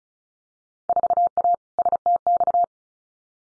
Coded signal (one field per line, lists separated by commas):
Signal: Morse code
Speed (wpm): 36 wpm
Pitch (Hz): 700 Hz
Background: none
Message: 4A STX